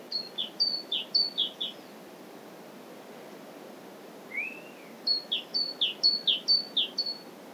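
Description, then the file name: Great tit song: rapid high-low two-note phrases in two bursts, with a single lower rising-falling note in the gap. "Parus major"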